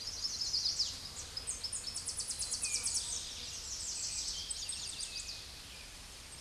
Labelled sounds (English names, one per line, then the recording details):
Tennessee Warbler song
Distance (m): 25 m
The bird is about 15 m above the microphone
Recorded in a Pennsylvania forest on 16 May 2024 at 08:22
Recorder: AudioMoth, point MSD-0526
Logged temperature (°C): 16.6 °C
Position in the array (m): 86 m, 220 m